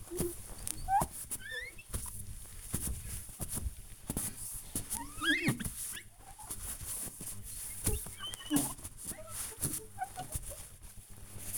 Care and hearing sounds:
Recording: household activities, microphone on the right wrist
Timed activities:
0.00-11.58 s: window cleaning

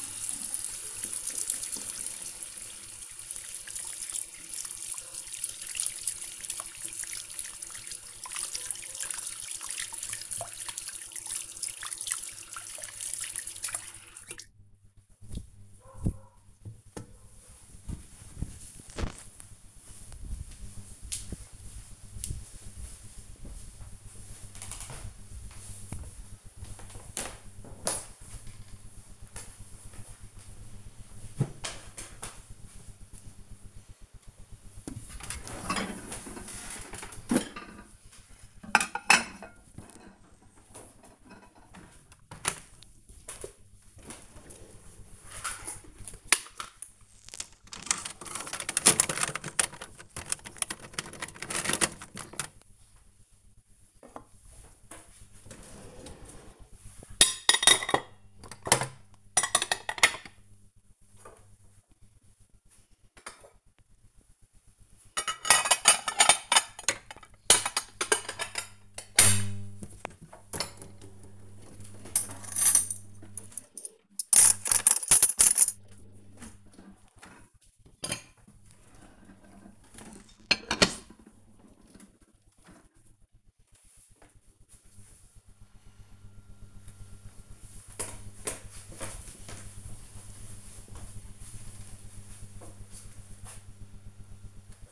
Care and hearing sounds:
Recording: household activities, microphone on the right wrist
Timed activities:
0.00-14.34 s: washing hands
33.47-81.79 s: putting away the dishes
93.89-94.91 s: making tea

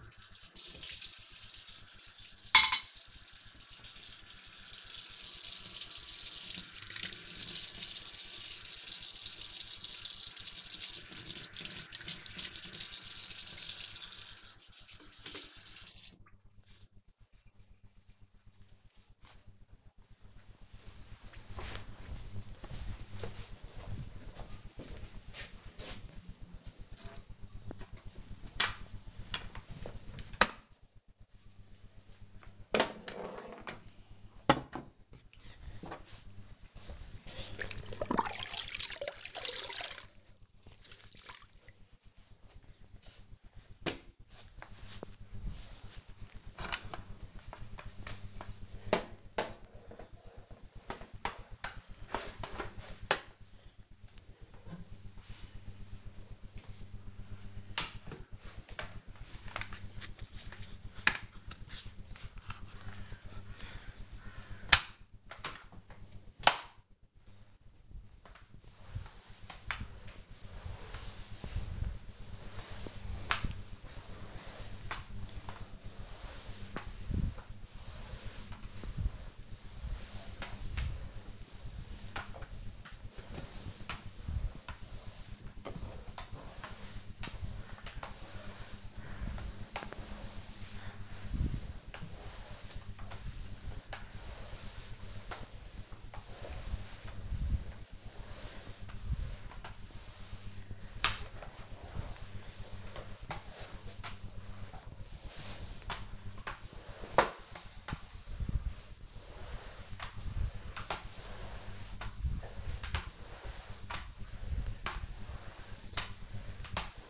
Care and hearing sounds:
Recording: household activities, microphone on the right wrist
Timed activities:
0.00-16.05 s: washing dishes
27.13-117.09 s: floor cleaning

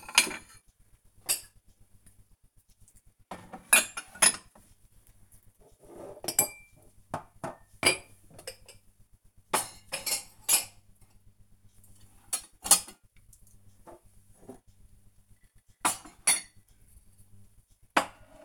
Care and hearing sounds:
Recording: household activities, microphone on the right wrist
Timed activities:
0.00-18.45 s: putting away the dishes

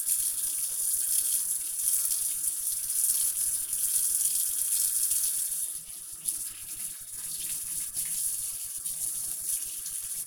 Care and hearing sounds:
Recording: household activities, microphone on the right wrist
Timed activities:
0.00-10.27 s: washing dishes

